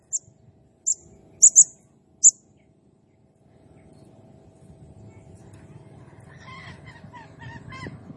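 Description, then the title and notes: Blue-crowned hanging parrot giving sharp, very high squeaks, one doubled, followed by rising background noise and a lower chattering bird. Serindit in gacor (actively singing) condition, 'nembak' song style, used as a masteran training sound and lure for serindit birds, said to excite all birds. "Burung Serindit Nembak Gacor Bikin Emosi Semua Burung. Suara Nasteran Dan Pemikat Burung Serinditan Gacor"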